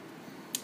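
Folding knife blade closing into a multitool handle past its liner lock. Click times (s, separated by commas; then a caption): 0.6 s. The folding blade of a metal multitool is pushed past its liner lock with a fingernail and folded back into the handle. After quiet low handling noise, it closes with a single sharp, bright snap at 0.6 s, and the blade is seated in the handle.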